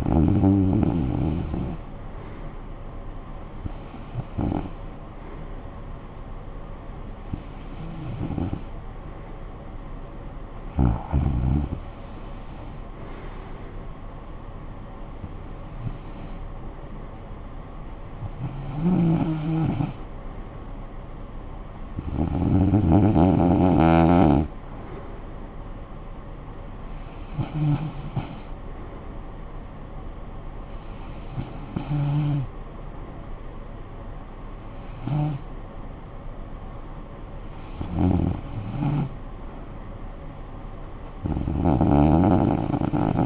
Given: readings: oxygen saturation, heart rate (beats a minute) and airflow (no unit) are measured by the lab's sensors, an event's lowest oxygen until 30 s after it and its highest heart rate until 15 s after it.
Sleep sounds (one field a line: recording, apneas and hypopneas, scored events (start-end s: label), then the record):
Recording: breathing in sleep by a smartphone at the bedside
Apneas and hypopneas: none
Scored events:
none scored
From the record:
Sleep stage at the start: REM sleep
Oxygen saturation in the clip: 93 to 95%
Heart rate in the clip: 60 to 68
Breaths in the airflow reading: 11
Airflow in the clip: -13.5 to 6.9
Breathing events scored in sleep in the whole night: 445 in 7.6 hours asleep